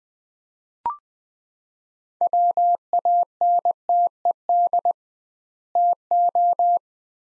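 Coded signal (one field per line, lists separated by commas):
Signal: Morse code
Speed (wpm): 20 wpm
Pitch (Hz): 700 Hz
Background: none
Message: WANTED TO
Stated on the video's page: Morse practice at 20 wpm: two-word sets with 2x word-spacing, a Farnsworth-like head-copy drill.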